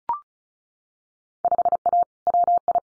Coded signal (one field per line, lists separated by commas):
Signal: Morse code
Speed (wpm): 36 wpm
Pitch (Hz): 700 Hz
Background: none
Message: 5A WI